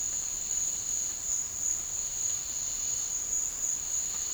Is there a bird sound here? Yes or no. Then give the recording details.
no. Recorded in dense forest near Puerto Asís, Putumayo, Colombia, on 9 March 2025 at 16:00. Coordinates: 0.484, -76.325. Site G045